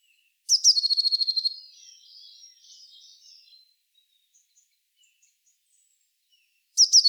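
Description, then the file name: Eurasian blue tit call: a loud, buzzy pulsed churr trailing into softer warbled chatter, then silence before a second churr starts at the end. "Cyanistes caeruleus"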